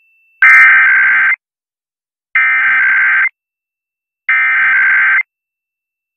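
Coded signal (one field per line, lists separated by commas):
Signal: Emergency Alert System (SAME) tones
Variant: header bursts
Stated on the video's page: Weekly test aired on an Air1 radio station.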